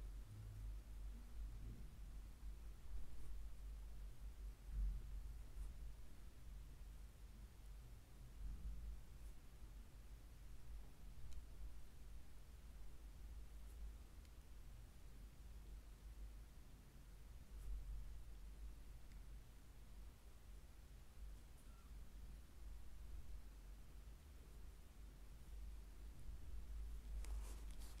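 A foot massage runs as a steady, low hum with a soft hiss over it, holding an even level for the whole stretch. Faint rustles and light ticks come through now and then, with a few sharper clicks near the start and end.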